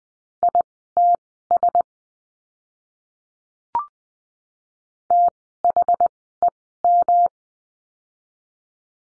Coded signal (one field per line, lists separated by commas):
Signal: Morse code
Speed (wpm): 19 wpm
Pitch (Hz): 700 Hz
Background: none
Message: ITS THEM